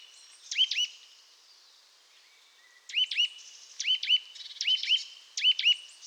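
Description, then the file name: Eurasian nuthatch calls, sharp upswept notes given in quick pairs and triplets, a pause, then clustered bursts again, with faint high chatter behind. "Sitta europaea"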